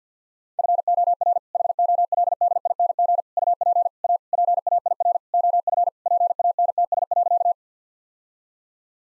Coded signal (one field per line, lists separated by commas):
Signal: Morse code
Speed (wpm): 50 wpm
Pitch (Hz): 700 Hz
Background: none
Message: FOR HOLDING UP A PAIR OF PANTS.